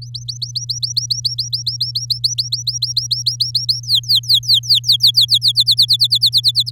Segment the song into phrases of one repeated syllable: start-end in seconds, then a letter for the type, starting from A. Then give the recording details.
0.02-3.80 A, 3.83-5.38 B, 5.41-6.71 C. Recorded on 8 May 2018 at 10:24. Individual llb16